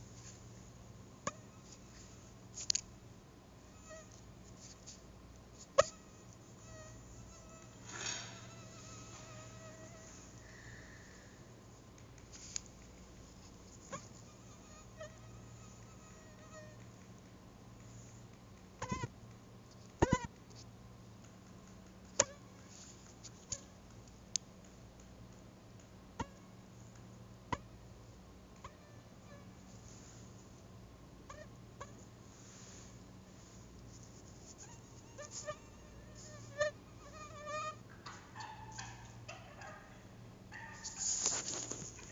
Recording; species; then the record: mosquito flight sound by mobile phone; Anopheles stephensi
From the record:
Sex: female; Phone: Google Nexus